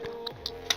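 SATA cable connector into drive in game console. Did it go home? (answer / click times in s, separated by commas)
yes / 0.7 s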